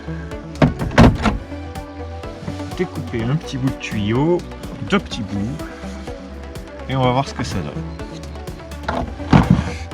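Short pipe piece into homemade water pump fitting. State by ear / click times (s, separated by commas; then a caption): seated / 8.9 s. A short piece of plastic hose or pipe is pushed onto a fitting of a homemade hand water pump while music plays and someone talks. It snaps in with a sharp click at 8.9 s and engages very well.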